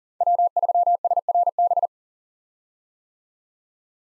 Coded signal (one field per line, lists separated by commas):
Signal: Morse code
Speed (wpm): 39 wpm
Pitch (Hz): 700 Hz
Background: none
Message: W3SRB